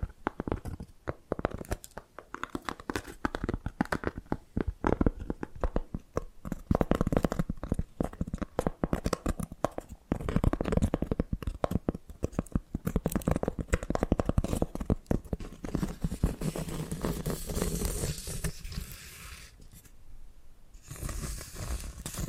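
Rapid, dense tapping and scratching crackles steadily, easing into softer, thinner scraping after about seventeen seconds, with a brief near-silent gap near twenty.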